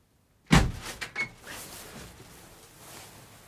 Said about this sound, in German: Mitten in der Nacht Tür aufreißen und reblern?